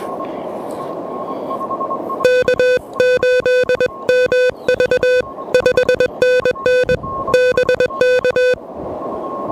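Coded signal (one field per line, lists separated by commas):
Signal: Morse code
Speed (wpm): 21 wpm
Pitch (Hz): 500 Hz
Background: music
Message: K8MV 5NN BK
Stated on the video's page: QRP CW from a POTA park activation worked pedestrian mobile with an Elecraft KH1.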